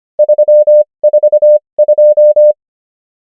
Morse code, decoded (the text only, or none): 342